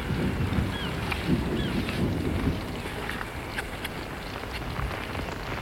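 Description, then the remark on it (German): Rain patters steadily on a tarp, a dense wash of hiss with scattered sharper drop taps and faint high chirps, continuous and fairly even in loudness, with no one speaking. “Willst du nicht deinen Block unter die Plane holen? Er wird ganz nass.”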